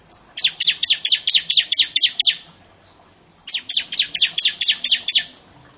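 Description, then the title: Bar-winged prinia song in two fast bursts of about eight high, down-slurred notes, with a short pause in between. "Ciblek Sawah"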